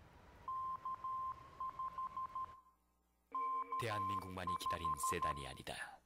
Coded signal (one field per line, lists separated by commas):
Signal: Morse code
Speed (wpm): 13 wpm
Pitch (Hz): 1050 Hz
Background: speech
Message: K5 K5